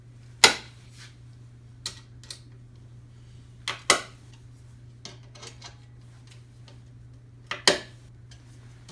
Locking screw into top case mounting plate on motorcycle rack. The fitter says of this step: hear them click in when they're right now